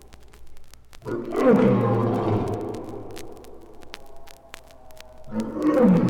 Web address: Lions